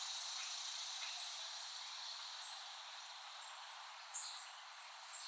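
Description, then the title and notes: Cicada: a dense, steady high buzz with repeated quick bright chirps and a few louder pulses. Recorded by Dan Bodah in West Brighton, Staten Island, late summer 2008. "Dronecast. The Cicadas of Summer. Recording of cicadas made by Dan Bodah in West Brighton, Staten Island, late summer 2008"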